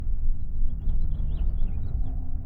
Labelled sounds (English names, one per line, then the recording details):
House Finch song
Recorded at WGilgo Beach on Long Island, New York, on 22 May 1975
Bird E